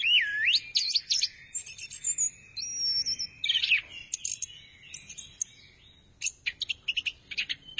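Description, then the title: Thrush song opening with a looping whistled phrase, then mixed chatter, twitters and clipped high notes, ending in a series of sharp repeated chips. "burung anis"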